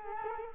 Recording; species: mosquito wingbeat signal from an infrared sensor; Culex quinquefasciatus